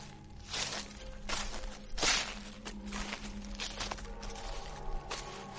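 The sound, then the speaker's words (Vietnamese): Footsteps crunch through dry leaves at a steady walking pace, each step a crisp rustling burst, with a faint, constant low hum running underneath and no voices. “Càng đến gần, thằng Toàn nghe rõ tiếng bước chân dẫm lên trên lá khô cứ sột xà sột soạt.”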